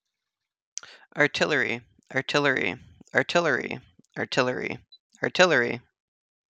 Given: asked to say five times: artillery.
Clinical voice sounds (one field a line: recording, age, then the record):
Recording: repeated word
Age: 20 to 29 years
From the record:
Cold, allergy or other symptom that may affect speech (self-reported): no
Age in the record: 27 years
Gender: other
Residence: Iowa, United States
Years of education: 16